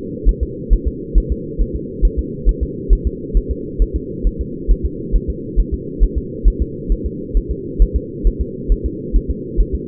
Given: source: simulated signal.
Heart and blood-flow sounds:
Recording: fetal heart sounds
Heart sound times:
0.29 s: S1
0.43 s: S2
0.73 s: S1
0.88 s: S2
1.18 s: S1
1.32 s: S2
1.62 s: S1
1.76 s: S2
2.05 s: S1
2.19 s: S2
2.49 s: S1
2.63 s: S2
2.93 s: S1
3.07 s: S2
3.37 s: S1
3.51 s: S2
3.82 s: S1
3.96 s: S2
4.27 s: S1
4.41 s: S2
4.71 s: S1
4.86 s: S2
5.16 s: S1
5.30 s: S2
5.60 s: S1
5.74 s: S2
6.04 s: S1
6.18 s: S2
6.48 s: S1
6.62 s: S2
6.92 s: S1
7.06 s: S2
7.37 s: S1
7.51 s: S2
7.82 s: S1
7.96 s: S2
8.27 s: S1
8.41 s: S2
8.72 s: S1
8.86 s: S2
9.16 s: S1
9.31 s: S2
9.61 s: S1
9.75 s: S2
From the record:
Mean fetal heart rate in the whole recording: 135 bpm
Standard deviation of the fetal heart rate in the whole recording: 3 bpm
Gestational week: 36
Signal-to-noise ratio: -4.1 dB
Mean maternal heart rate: no maternal heart sound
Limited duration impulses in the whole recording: absent

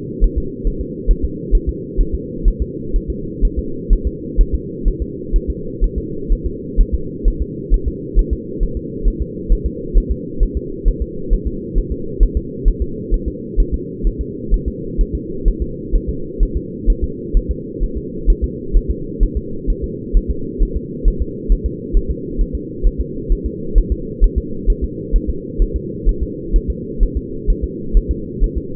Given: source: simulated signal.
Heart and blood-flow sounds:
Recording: fetal heart sounds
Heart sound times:
0.24 s: S1
0.38 s: S2
0.67 s: S1
0.81 s: S2
1.11 s: S1
1.25 s: S2
1.55 s: S1
1.69 s: S2
2.01 s: S1
2.14 s: S2
2.48 s: S1
2.62 s: S2
2.96 s: S1
3.10 s: S2
3.45 s: S1
3.59 s: S2
3.93 s: S1
4.07 s: S2
4.41 s: S1
4.55 s: S2
4.88 s: S1
5.02 s: S2
5.36 s: S1
5.50 s: S2
5.84 s: S1
5.98 s: S2
6.32 s: S1
6.46 s: S2
6.81 s: S1
6.95 s: S2
7.28 s: S1
7.42 s: S2
7.74 s: S1
7.88 s: S2
8.19 s: S1
8.33 s: S2
8.63 s: S1
8.77 s: S2
9.08 s: S1
9.22 s: S2
9.52 s: S1
9.66 s: S2
9.98 s: S1
10.11 s: S2
10.43 s: S1
10.57 s: S2
10.88 s: S1
11.02 s: S2
11.33 s: S1
11.47 s: S2
11.78 s: S1
11.92 s: S2
12.23 s: S1
12.37 s: S2
12.68 s: S1
12.82 s: S2
13.14 s: S1
13.28 s: S2
13.60 s: S1
13.74 s: S2
14.07 s: S1
14.21 s: S2
14.54 s: S1
14.68 s: S2
15.01 s: S1
15.15 s: S2
15.48 s: S1
15.62 s: S2
15.95 s: S1
16.09 s: S2
16.43 s: S1
16.57 s: S2
16.90 s: S1
17.04 s: S2
17.37 s: S1
17.51 s: S2
17.84 s: S1
17.97 s: S2
18.30 s: S1
18.44 s: S2
18.77 s: S1
18.91 s: S2
19.23 s: S1
19.37 s: S2
19.70 s: S1
19.84 s: S2
20.17 s: S1
20.31 s: S2
20.63 s: S1
20.77 s: S2
21.08 s: S1
21.22 s: S2
21.52 s: S1
21.66 s: S2
21.97 s: S1
22.11 s: S2
22.41 s: S1
22.55 s: S2
22.87 s: S1
23.01 s: S2
23.32 s: S1
23.46 s: S2
23.78 s: S1
23.92 s: S2
24.24 s: S1
24.38 s: S2
24.70 s: S1
24.84 s: S2
25.16 s: S1
25.30 s: S2
25.62 s: S1
25.76 s: S2
26.09 s: S1
26.23 s: S2
26.56 s: S1
26.70 s: S2
27.03 s: S1
27.17 s: S2
27.50 s: S1
27.64 s: S2
27.97 s: S1
28.11 s: S2
28.44 s: S1
28.58 s: S2
From the record:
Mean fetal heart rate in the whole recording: 130 bpm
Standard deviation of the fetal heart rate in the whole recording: 4 bpm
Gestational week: 38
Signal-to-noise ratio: -4.3 dB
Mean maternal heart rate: 72 bpm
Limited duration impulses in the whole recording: absent

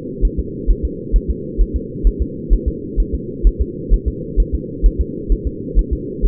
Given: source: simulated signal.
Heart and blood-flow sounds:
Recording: fetal heart sounds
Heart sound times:
0.25 s: S1
0.39 s: S2
0.71 s: S1
0.85 s: S2
1.16 s: S1
1.30 s: S2
1.61 s: S1
1.76 s: S2
2.07 s: S1
2.22 s: S2
2.53 s: S1
2.68 s: S2
3.00 s: S1
3.15 s: S2
3.47 s: S1
3.61 s: S2
3.94 s: S1
4.08 s: S2
4.40 s: S1
4.55 s: S2
4.86 s: S1
5.01 s: S2
5.32 s: S1
5.47 s: S2
5.79 s: S1
5.93 s: S2
6.25 s: S1
From the record:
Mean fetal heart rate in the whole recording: 130 bpm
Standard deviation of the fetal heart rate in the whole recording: 2 bpm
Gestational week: 36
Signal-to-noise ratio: -4.1 dB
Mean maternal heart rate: no maternal heart sound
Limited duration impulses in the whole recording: absent

